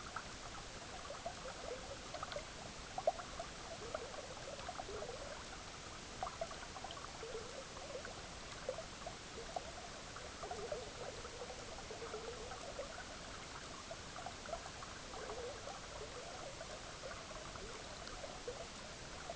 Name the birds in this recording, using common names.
none